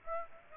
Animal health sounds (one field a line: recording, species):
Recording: mosquito wingbeat signal from an infrared sensor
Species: Aedes aegypti